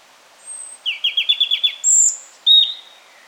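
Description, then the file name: European robin song with a high thin note, several fast down-slurred notes in a row, a shrill sustained whistle, then a lower sliding note. "Erithacus rubecula"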